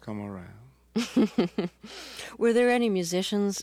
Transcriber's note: laughter